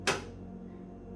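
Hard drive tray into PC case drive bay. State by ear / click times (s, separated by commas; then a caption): seated / 0.1 s. A hard drive sitting in a tool-less plastic tray, whose little plastic nubs go into the drive's screw holes, is slid back into a PC case drive bay. A single sharp, bright click at 0.1 s marks the tray seating home, followed by a faint low hum. The tray is seated and the drive is good to go.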